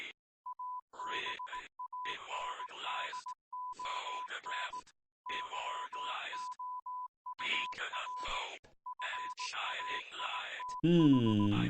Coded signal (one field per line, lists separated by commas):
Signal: Morse code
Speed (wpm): 18 wpm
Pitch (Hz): 1000 Hz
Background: speech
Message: ABANDON YOUR FAITH